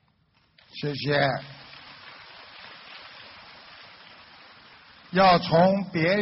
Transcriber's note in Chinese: 掌声